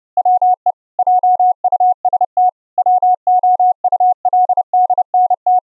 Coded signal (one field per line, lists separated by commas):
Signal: Morse code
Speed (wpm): 30 wpm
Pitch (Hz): 730 Hz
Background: none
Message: WE JUST WOULDNT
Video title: Raspberry PI 4 ENB-CW soundcard SDR Transmitter & ENB-CW Laptop soundcard SDR Receiver - on VLF band